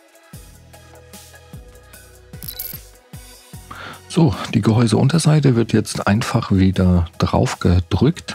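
The plastic bottom cover of an ASUS VivoBook Flip 14 TP412FA convertible laptop is pressed back onto the chassis, and its snap clips click into place at about 2.4, 2.5 and 2.6 seconds, with a few softer knocks around them. Background music plays throughout, and someone talks from about 4 seconds on. The cover is seated.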